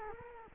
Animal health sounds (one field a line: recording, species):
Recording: mosquito wingbeat signal from an infrared sensor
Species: Culex quinquefasciatus